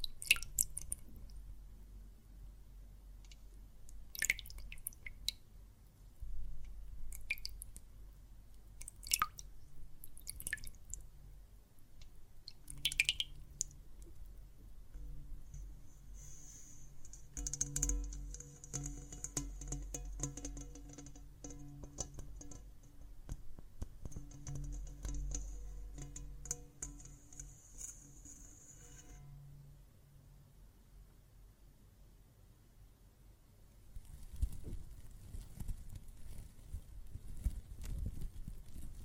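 Water and soap foam sounds: scattered sharp clicks and drips come irregularly through the first fifteen seconds. From about 16 to 29 seconds a steady bright fizzing hiss runs over a low hum, then it fades to quiet before a rougher rush of water near the end.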